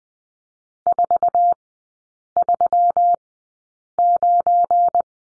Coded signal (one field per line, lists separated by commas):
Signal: Morse code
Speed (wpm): 20 wpm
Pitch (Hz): 700 Hz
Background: none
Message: 439